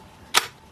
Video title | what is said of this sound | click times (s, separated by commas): 3 River Blades Shop Talk #4 Kydex Sheaths | all right locks in place | 0.4 s